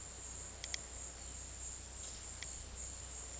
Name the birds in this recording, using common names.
none